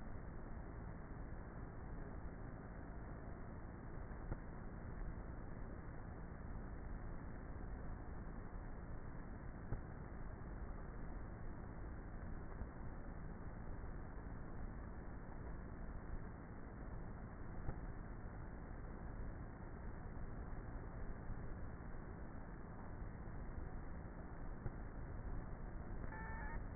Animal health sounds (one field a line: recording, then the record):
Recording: honeybee colony, microphone inside the hive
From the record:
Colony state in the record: queenless with a low population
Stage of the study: before two queens were removed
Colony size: about 30,000 bees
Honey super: no